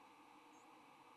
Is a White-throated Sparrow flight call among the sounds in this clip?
no